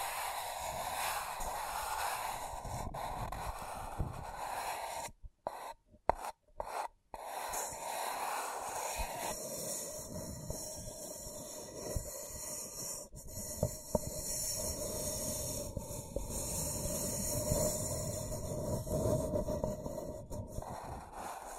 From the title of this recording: Scratching & Tracing